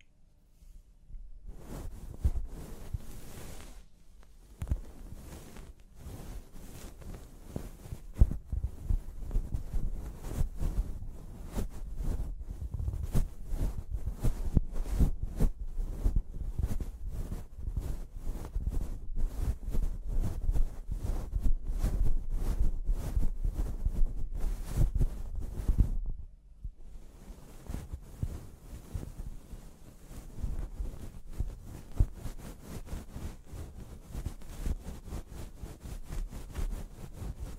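Fingers rub and scrub through hair in a scalp massage and wash, a dense, continuous run of quick scratching strokes with a soft, low rumble underneath. The rubbing briefly pauses around four seconds and again near twenty-six seconds, then resumes at a steady pace.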